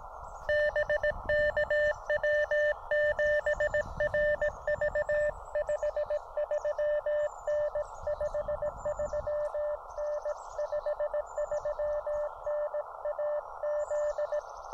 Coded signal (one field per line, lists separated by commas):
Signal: Morse code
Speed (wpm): 18 wpm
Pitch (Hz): 590 Hz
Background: radio noise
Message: BK W7RV 53N 53N 53N AZ